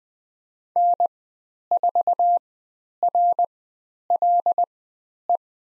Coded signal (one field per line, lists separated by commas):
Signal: Morse code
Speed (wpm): 20 wpm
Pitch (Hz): 700 Hz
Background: none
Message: N4RLE